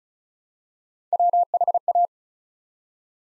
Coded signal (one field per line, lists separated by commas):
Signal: Morse code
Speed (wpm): 36 wpm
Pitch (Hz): 700 Hz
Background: none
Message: WHA